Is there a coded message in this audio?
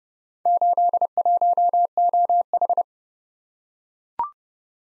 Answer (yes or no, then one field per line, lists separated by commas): yes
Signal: Morse code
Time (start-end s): 0.5-2.8 s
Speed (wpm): 29 wpm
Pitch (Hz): 700 Hz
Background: none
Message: 81OH